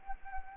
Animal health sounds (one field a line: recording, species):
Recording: mosquito wingbeat signal from an infrared sensor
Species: Anopheles arabiensis